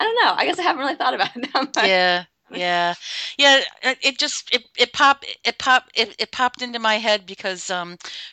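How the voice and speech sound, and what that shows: A woman in her 40s who stutters talks conversationally, then stalls on drawn-out, repeated 'yeah' sounds and repeats a phrase several times ('it pop, it pop, it popped') before moving on. These prolongations and repetitions are typical of stuttering, a fluency disorder. She had speech therapy as a child and again as an adult.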